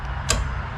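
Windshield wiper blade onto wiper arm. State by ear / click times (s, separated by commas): seated / 0.3 s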